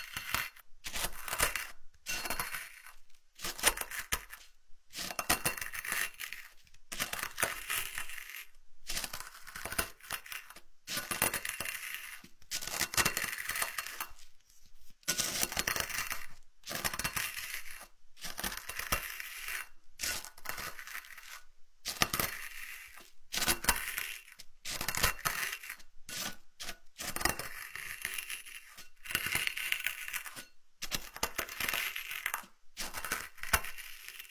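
Herbal medicine being worked by hand, grinding and pounding in a mortar. Short, bright scraping and clinking bursts come in quick, uneven runs, broken by brief silences, for the whole clip. The strokes sound metallic and gritty, with little low rumble.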